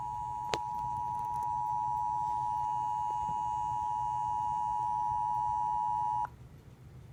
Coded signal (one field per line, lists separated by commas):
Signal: Emergency Alert System (SAME) tones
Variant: 853 and 960 Hz attention tone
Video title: WAKEFIELD SVR EAS #146